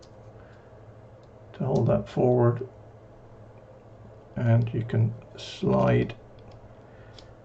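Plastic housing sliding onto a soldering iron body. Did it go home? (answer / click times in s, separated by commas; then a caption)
yes / 7.2 s. Someone talks while the plastic case of a handheld Miniware TS-100 soldering iron is slid down over its repaired screen assembly. The case snaps into place with a short, sharp click at 7.2 s, and the case is seated.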